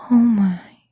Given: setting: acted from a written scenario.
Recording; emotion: vocal sound without words; awe